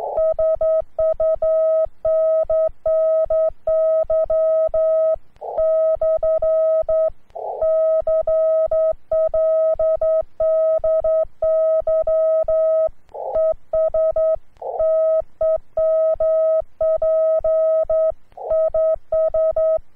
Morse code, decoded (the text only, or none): SUNNY/CLDY ES TEMP IS